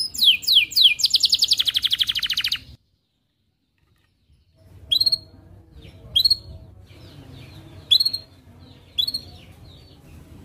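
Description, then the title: Atlantic canary singing a rapid rolling trill for nearly three seconds, then a pause followed by four sharp high chirps spaced a second or two apart. Canary from the Indonesian songbird hobby, described as 'gacor' (singing vigorously) with top 'cengkok' phrasing and very rich 'isian' fill-in phrases. "Kenari Gacor Cengkok Terbaik Isian Paling Mewah Kenarigacor Kicaumania Kenari"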